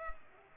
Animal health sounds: mosquito wingbeat signal from an infrared sensor; Culex pipiens

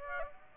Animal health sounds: mosquito wingbeat signal from an infrared sensor; Aedes aegypti

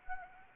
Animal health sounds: mosquito wingbeat signal from an infrared sensor; Anopheles arabiensis

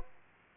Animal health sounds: mosquito wingbeat signal from an infrared sensor; Aedes aegypti

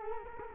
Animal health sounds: mosquito wingbeat signal from an infrared sensor; Culex quinquefasciatus

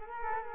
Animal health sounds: mosquito wingbeat signal from an infrared sensor; Culex quinquefasciatus

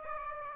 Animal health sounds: mosquito wingbeat signal from an infrared sensor; Aedes aegypti

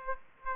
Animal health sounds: mosquito wingbeat signal from an infrared sensor; Aedes aegypti

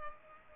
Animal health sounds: mosquito wingbeat signal from an infrared sensor; Culex pipiens

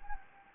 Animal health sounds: mosquito wingbeat signal from an infrared sensor; Anopheles gambiae

